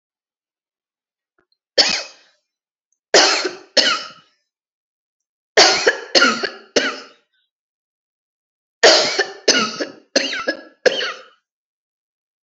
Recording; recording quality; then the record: heavy voluntary cough; excellent, no background noise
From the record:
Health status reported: healthy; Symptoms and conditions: diabetes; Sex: female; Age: 64 years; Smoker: not ticked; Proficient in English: yes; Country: India